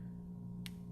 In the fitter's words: you should hear it click